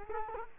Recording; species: mosquito wingbeat signal from an infrared sensor; Culex quinquefasciatus